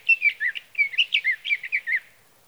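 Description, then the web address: Sage thrasher song: a fast run of about a dozen warbled, slurred notes over two seconds, with no other sounds. "birdsongforthecurious Sage Thrasher"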